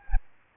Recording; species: mosquito wingbeat signal from an infrared sensor; Aedes albopictus